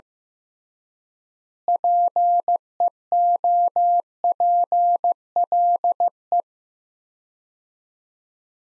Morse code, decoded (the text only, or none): PEOPLE